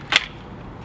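The folding handle of a measuring wheel is swung open, and its joint snaps into the locked position with one sharp, bright click at 0.2 s. The handle locks in place and the sound fades quickly into quiet.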